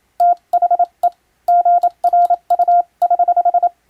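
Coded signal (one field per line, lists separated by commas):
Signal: Morse code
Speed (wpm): 27 wpm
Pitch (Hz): 700 Hz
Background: none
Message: THE GRU<HH>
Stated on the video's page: Morse practice sending ship-to-shore style telegrams, using a Japanese radio foundation's international telegram sending practice book.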